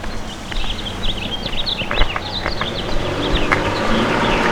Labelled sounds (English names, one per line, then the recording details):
House Finch song
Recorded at Babylon on Long Island, New York, on 18 May 2013
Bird B